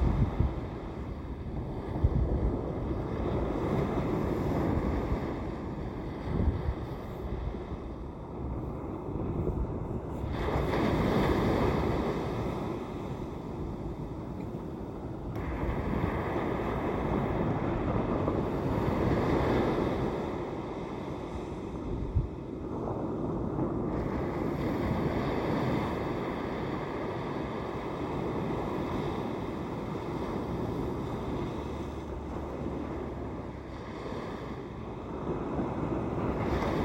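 Recorded by the ocean, a steady low roar of surf fills the clip with a dense, rumbling wash. Brighter surges rise around 10–15 and 24–28 seconds, like waves breaking. Wind buffets throughout, and a faint engine hum, perhaps a passing boat, sits underneath.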